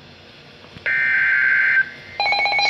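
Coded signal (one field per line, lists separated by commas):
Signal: Emergency Alert System (SAME) tones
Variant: header bursts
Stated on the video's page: Recorded severe thunderstorm warning alert.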